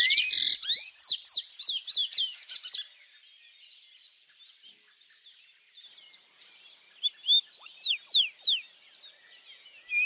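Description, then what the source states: Birds singing, a loud rapid twittering phrase at the start, a quieter stretch, then a series of clear downslurred whistles. Birds singing at dawn.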